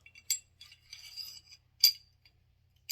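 A steel barrel for a Remington 1911 R1 pistol, its link pointed forward, is slid into the pistol slide with light metallic clinks and scraping, including a sharp tick at 0.3 s. At 1.8 s the barrel drops into position by itself with a loud metallic clack, seated in the slide, followed by a faint click at the very end.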